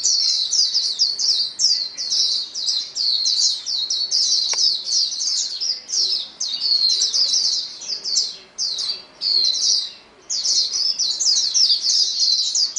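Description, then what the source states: White-eye chorus: many high, rapid twittering and chirping phrases overlap almost continuously, with a few short pauses between bursts. Chorus of many birds singing together.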